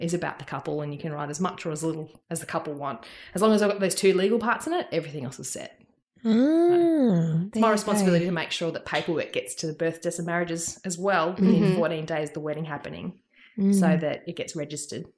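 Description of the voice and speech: An adult woman, a marriage celebrant, speaks fluently at a relaxed conversational pace, explaining the legal paperwork for a wedding. Her voice is clear and steady, with natural pitch movement and a brief drawn-out vocal sound midway. This is ordinary, healthy speech in a quiet room.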